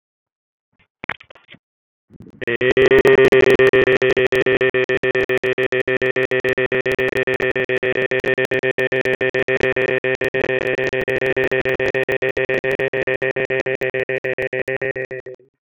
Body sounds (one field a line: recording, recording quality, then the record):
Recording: sustained vowel as in made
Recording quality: moderate, slight background noise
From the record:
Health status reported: healthy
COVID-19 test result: not tested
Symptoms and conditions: none ticked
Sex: male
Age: 47 years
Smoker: not ticked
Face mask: not worn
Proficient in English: yes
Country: India